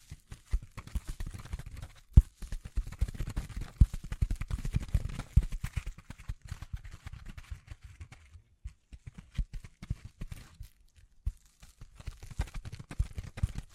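Dense, irregular tapping and scratching with soft brushing and crinkles, mostly low thuds, busiest early, a brief lull near eight seconds.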